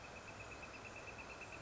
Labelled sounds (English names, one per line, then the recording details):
Northern Flicker
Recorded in Sonoma County, California